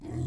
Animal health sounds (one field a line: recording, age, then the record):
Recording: pig call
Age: weaner (32 to 43 days)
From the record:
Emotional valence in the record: negative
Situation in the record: negative conditioning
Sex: female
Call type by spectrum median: low-frequency call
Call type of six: low-frequency stable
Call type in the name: low-frequency stable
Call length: 0.28 s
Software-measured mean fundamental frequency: 33 Hz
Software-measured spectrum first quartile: 113 Hz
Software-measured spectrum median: 176 Hz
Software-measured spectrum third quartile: 373 Hz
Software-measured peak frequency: 113 Hz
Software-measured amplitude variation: 139 dB a second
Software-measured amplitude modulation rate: 30.6 a second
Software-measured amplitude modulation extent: 4.6 dB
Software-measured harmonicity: 3.9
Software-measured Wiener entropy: -0.21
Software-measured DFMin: 1308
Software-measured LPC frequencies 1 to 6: 237, 1969, 3397, 4137, 4965, 5944 Hz